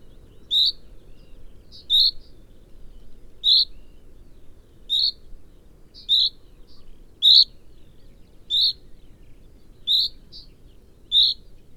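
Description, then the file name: Common chaffinch calls: short, sharp high notes with a bright ringing edge, repeated at slightly uneven intervals of about one to one and a half seconds, nine in all. "Fringilla coelebs"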